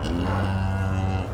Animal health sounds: contact call of a hoofed animal; cattle; low-frequency (closed-mouth) or high-frequency (open-mouth) call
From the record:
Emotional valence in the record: negative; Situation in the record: full separation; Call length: 1.33 s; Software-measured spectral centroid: 1710 Hz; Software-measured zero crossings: 790 a second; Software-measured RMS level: -24 dBFS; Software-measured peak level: -14 dBFS

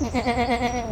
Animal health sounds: contact call of a hoofed animal; goat; low-frequency (closed-mouth) or high-frequency (open-mouth) call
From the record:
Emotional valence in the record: negative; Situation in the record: short social isolation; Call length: 0.93 s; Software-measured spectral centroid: 2030 Hz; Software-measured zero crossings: 1860 a second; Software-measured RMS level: -24 dBFS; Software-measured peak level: -11 dBFS

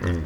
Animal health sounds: contact call of a hoofed animal; wild boar; grunt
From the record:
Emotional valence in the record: positive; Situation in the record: food anticipation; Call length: 0.26 s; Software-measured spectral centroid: 1610 Hz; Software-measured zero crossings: 720 a second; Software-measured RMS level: -25 dBFS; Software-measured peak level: -15 dBFS

